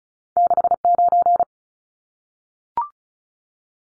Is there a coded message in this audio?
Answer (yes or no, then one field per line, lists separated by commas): yes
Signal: Morse code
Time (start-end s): 0.4-1.4 s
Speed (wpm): 36 wpm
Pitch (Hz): 700 Hz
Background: none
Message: 69